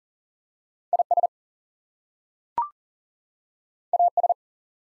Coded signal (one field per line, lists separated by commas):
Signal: Morse code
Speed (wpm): 40 wpm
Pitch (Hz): 700 Hz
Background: none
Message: IS AS